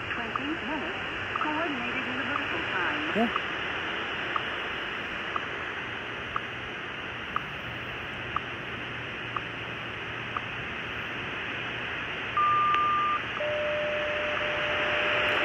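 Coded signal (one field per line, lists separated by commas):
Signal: radio time signal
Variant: WWVH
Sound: ticks each second under hiss, then a high beep and a steady lower tone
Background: radio static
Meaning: The 1200 Hz tone marks the start of a minute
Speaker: that's just the Hawaii transmission yes it was just the Hawaii transmission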